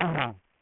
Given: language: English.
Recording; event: throat vibration sensor signal played as sound; throat clearing